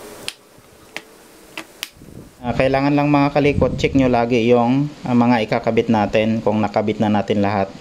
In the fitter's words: pwede na natin i-lock yung ibabaw na casing